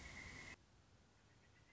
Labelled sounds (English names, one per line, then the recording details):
Pileated Woodpecker
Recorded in Sonoma County, California